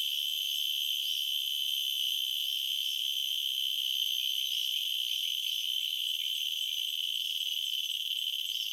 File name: Purana latifascia